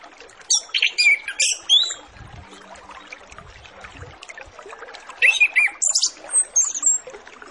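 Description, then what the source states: Orange-headed Thrush song: two groups of rapid, high scratchy and whistled notes separated by a few seconds of hiss with faint low rumbling. Master lure recording with full filler phrases, used to prompt Orange-headed Thrushes to start singing quickly.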